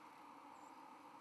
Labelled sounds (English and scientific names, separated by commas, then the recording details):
White-throated Sparrow (Zonotrichia albicollis) flight call
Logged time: 04:29 on 31 October 2014